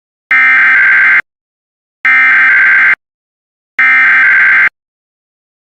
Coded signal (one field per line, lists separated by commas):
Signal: Emergency Alert System (SAME) tones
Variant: header bursts